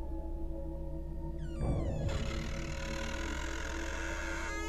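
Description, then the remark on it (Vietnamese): The door of a large wardrobe creaks slowly open, a drawn-out groaning squeal that slides down in pitch, then gives way to a steady rasping hiss over a low background hum. “Tiếng cánh cửa tủ được từ từ mở ra.”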